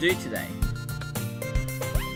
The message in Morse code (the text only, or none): none